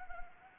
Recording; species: mosquito wingbeat signal from an infrared sensor; Anopheles gambiae